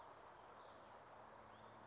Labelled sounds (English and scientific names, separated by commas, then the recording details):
Western Flycatcher (Empidonax difficilis)
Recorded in Sonoma County, California